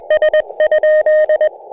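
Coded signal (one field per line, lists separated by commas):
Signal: Morse code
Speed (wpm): 21 wpm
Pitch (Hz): 620 Hz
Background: none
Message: S?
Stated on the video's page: CW during a SOTA summit activation, the first of Black Bull Peak near Luna, New Mexico.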